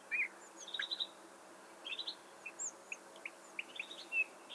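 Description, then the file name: Eurasian bullfinch giving short, thin chirps and brief whistled notes, scattered in loose clusters across under five seconds, against a quiet hiss. "Pyrrhula pyrrhula"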